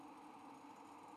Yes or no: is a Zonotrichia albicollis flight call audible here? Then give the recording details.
no. No flight call is heard. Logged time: 11:27 on 5 December 2014